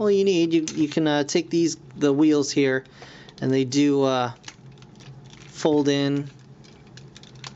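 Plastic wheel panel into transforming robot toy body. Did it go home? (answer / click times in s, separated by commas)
no / none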